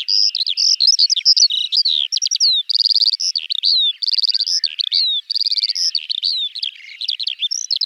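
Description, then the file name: Eurasian skylark song, a rapid, sustained stream of high chirps, trills and buzzy rattling bursts. "Alouette des champs"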